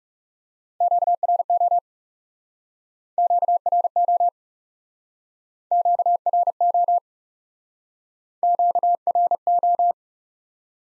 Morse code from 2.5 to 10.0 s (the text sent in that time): QRO QRO QRO